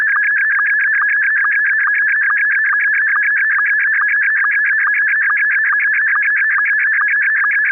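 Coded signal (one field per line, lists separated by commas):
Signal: SSTV (slow-scan television)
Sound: loud warbling tone near 1.7 kHz with rapid regular chirps and periodic low sync blips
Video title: RX SSTV Mima perfect blue (loud noise warning)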